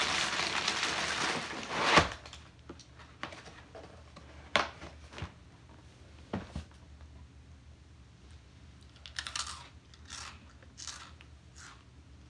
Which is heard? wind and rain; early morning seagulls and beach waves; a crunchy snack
a crunchy snack